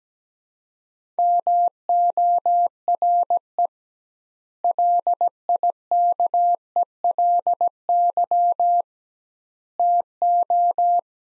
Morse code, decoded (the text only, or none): MORE LIKELY TO